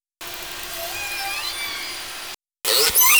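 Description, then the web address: Orca calls: faint tonal squeals sliding up and down over steady underwater hiss, a brief silence, then a loud noisy burst with high squealing whistles. "Nora Learning Orca Calls"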